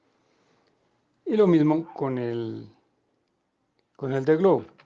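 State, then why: Not seated. A globe thermometer sensor is being handled at its mount on a heat stress meter while someone talks. Nothing has seated or clicked yet.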